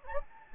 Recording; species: mosquito wingbeat signal from an infrared sensor; Anopheles gambiae